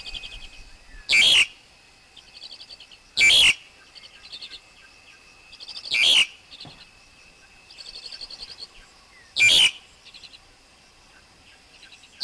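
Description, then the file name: Black-collared Starling song: several harsh, loud squawking bursts at uneven intervals, with soft rattling trills filling the gaps. Wild forest bird's song, used for teaching young birds to sing. "Tieng chim ca cuong rung tap chim con hot"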